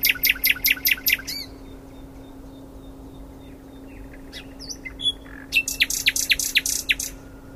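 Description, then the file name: Common nightingale song: a rapid burst of hard repeated notes, a pause with a soft thin whistle, then a few bright whistles and another fast series of sharp notes. "Luscinia megarhynchos"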